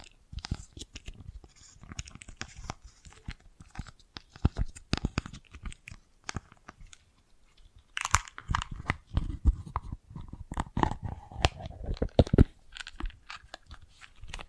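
Bracelets and jewelry boxes being handled, with a dense run of small clicks, taps and crunchy rattles throughout. A short lull near seven seconds gives way to busier, louder handling from about eight to thirteen seconds, with a faint ringing tone mixed in.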